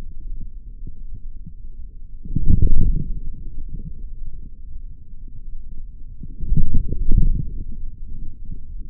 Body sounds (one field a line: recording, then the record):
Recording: forearm muscle sounds (acoustic myography)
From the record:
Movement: forearm pronation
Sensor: system 3, bracelet of six PUI Audio POM-2738L microphones around the upper forearm, with dedicated amplification and filtering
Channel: 6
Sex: male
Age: 26 years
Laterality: right